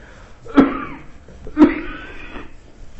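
An adult man gives two short coughs. It is a minor cough; his coughing can be more frightening than this.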